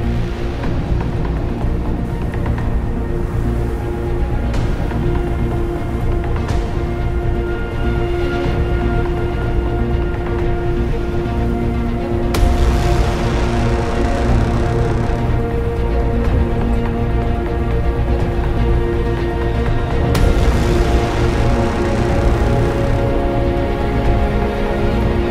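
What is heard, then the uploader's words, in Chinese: Epic music plays with the sound of a snowstorm: a dense, steady bed of low sustained tones and held chords runs throughout. Brighter rushing swells break in around 12 seconds and again near 20 seconds, while the overall level stays constant. 10首超好聽史詩音樂配合風雪的聲音。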